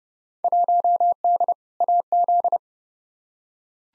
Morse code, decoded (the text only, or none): 1D AZ